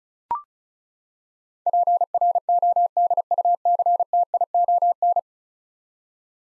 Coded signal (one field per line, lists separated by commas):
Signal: Morse code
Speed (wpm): 36 wpm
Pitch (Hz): 700 Hz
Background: none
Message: PRODUCTION